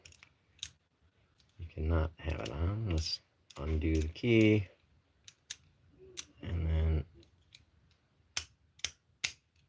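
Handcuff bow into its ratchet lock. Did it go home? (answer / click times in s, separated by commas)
yes / 8.4 s, 8.8 s, 9.2 s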